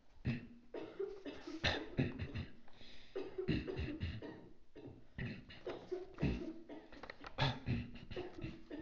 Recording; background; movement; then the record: throat clearing; a bystander coughing; sitting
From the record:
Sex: male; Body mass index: 23.7 kg/m2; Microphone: on the chest, facing outward